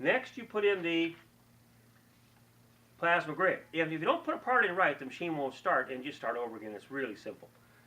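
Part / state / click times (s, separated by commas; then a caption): plasma grid filter stage into air purifier housing / not seated / none. A plasma grid filter stage is handled for insertion into the housing of an Air Shield 9-Stage Air Purifier while someone talks, with a steady low hum underneath and a quiet pause between about 1.3 and 3.0 seconds. Nothing has seated or clicked yet; the grid is not yet home when the clip ends.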